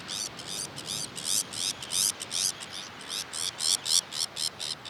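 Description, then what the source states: Sabine's gull calling in a rapid series of rasping, buzzy, high-pitched notes, bursts tumbling one after another almost without pause against a low hiss. Recorded on Jan Mayen on 14 July 2024.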